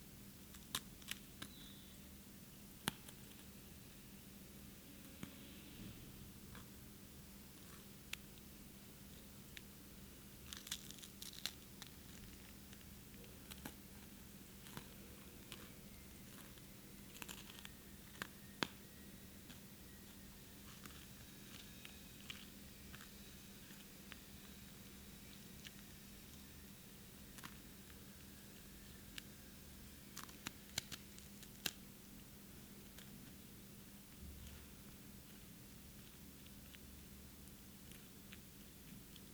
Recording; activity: daily activity, guitar pickup as the sensor; eat